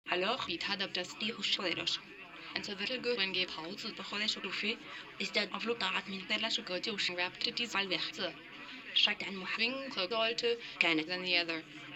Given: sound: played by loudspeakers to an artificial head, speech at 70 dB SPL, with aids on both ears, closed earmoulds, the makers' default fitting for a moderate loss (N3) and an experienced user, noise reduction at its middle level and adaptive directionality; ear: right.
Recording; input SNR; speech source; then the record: speech test signal (ISTS) in cocktail-party noise; +9 dB; on the right (90 degrees)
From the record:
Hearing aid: class 1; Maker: D